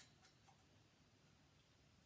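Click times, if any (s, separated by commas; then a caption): none. A trumpet piston valve is put back into its metal valve casing and its cap is screwed down by hand, ahead of turning the valve to the right to click it into alignment. Only a few faint, light ticks around 0.3, 0.5 and 2.0 seconds are heard over a quiet, steady low background. Nothing has clicked or seated yet.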